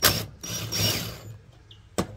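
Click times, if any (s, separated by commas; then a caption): 1.7 s, 2.0 s. A bolt is driven into the mower deck spindle housing of a John Deere D130 ride-on mower while the spindle is being refitted, giving a loud mechanical whir that fades. Two sharp clicks follow at 1.7 and 2.0 seconds. The thread slips instead of tightening and the spindle bolt thread is confirmed stripped, with the bolt not even gone in.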